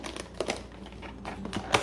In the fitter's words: Hear it click, there you go.